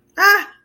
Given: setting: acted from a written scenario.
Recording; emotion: vocal sound without words; negative surprise